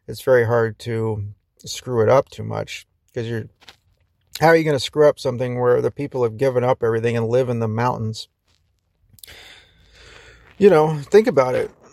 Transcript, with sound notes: it's very hard to screw it up too much, 'cause you're... How are you gonna screw up something where the people have given up everything and live in the mountains? (sighs) You know, think about it.